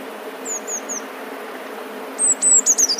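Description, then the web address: Passerine: small songbird calls: thin high notes sliding downward, three soft ones first, then a louder burst of sharp descending chips near the end over steady low background hiss. Passerine birds on 15 December 2019. "wroblowe teka mies 15 12 2019. wroblowe teka modraszkoteka"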